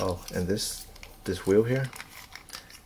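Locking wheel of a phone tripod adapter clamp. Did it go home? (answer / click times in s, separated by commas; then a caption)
yes / 2.4 s, 2.5 s, 2.6 s, 2.7 s. Someone talks, then turns the locking wheel on a JOBY GripTight Mount Pro tripod adapter holding an iPhone 7 Plus, for use with a GoPole GoPro tripod. The plastic ratchet gives small clicks at about 2.4, 2.5, 2.6 and 2.7 seconds as its teeth bite in, and the wheel locks the clamp in place.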